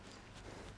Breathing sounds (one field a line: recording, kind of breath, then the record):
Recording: one breath in and out by a microphone near the nose and mouth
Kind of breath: strong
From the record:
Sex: male